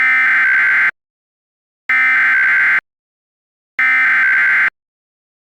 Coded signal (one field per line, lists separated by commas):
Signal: Emergency Alert System (SAME) tones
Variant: header bursts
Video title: EAS MOCK: PDS SVR for my area